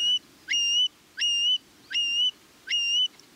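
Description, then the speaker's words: Long-billed Curlew calls: a series of clear, high whistled notes, each rising sharply then held level, repeated at a steady pace over faint background hiss. North America's largest shorebird, among the rarest; numbers declining as arid grasslands disappear. "curlews may be the largest, but they're also among the rarest."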